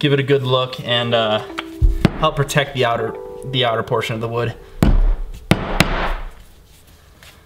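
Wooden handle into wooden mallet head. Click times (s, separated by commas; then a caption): 5.5 s, 5.8 s. A wooden handle, just oiled with boiled linseed oil, is tapped into a wooden mallet head while someone talks over background music. Sharp wood-on-wood knocks ring out, the loudest at 5.5 s and 5.8 s, as the handle seats firmly into the head.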